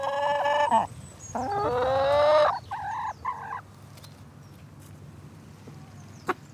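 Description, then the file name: Chicken calls: two long squawks, the second rising, then a few shorter clucks, followed by quiet with a few clicks. Chickens on a farm, waiting to be fed, with distant traffic and wind in the background. "Chickens Close Up Waiting To Be Fed Farm Distant Traffic Wind Bird Song"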